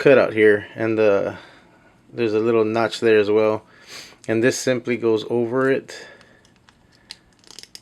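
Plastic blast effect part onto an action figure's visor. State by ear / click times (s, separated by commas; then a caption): seated / 7.8 s. Someone talks while a plastic optic-blast effect piece is fitted over a small notch on the visor of a Beast Kingdom Egg Attack Action Cyclops figure. After the talk stops, a few faint plastic handling ticks follow, then a sharp click at 7.8 s as the piece locks in place.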